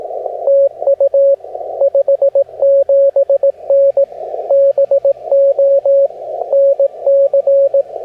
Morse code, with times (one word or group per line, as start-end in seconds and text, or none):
0.5-1.4 TU
1.8-4.0 57N
4.5-6.1 BO
6.5-7.8 NC